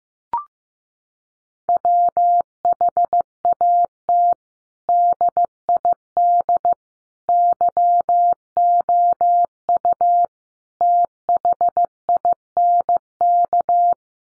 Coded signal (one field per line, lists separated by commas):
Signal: Morse code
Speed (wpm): 15 wpm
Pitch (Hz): 700 Hz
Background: none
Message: WHAT DID YOU THINK